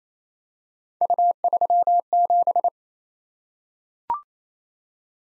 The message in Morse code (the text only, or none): U37